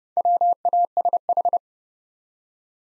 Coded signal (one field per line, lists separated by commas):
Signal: Morse code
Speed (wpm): 32 wpm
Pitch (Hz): 700 Hz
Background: none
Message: WASH